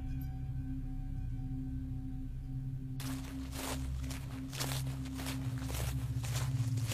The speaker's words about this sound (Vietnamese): Khuất trong bóng tối mù mịt của khu rừng, tiếng bước chân chậm rãi vang lên. Cảm giác mỗi bước chân như đem theo một thứ gì đó đầy áp lực, nặng nề.